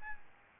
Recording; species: mosquito wingbeat signal from an infrared sensor; Aedes albopictus